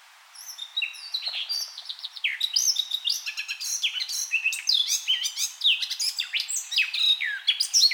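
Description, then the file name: Eurasian blackcap song starting after a short quiet moment, then building into a rich stream of chirps, trills and whistled slurs. "Sylvia atricapilla"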